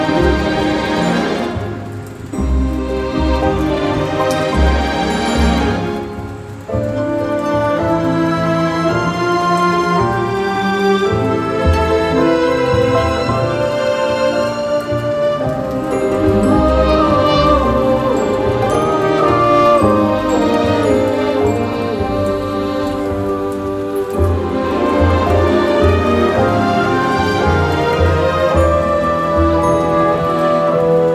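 Piano music plays throughout, full and layered, with sustained chords and moving notes spread from low bass to bright upper tones. The level stays fairly even, dipping briefly near 2 and 6 seconds before settling into a steady, rich flow.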